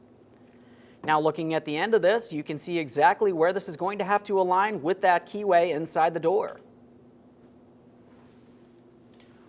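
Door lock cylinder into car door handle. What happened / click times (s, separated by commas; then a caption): The part is only handled and lined up; it does not seat / none. A door lock cylinder for the front exterior door handle of a 2003-2008 Toyota Matrix is held and lined up with the keyway inside the door before being brought into position. Someone talks from about 1.0 to 6.6 s, followed by faint handling taps at about 8.8 and 9.2 s. Nothing has seated or clicked yet.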